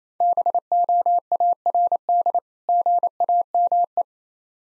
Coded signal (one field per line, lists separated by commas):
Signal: Morse code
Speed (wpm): 27 wpm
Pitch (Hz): 700 Hz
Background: none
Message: BOARD GAME